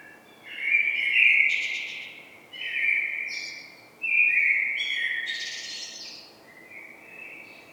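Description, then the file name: Common blackbird song with several mellow fluted phrases in quick succession, each finishing in a thin, high twittering flourish. "Turdus merula"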